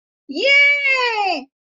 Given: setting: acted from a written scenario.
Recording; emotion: vocal sound without words; awe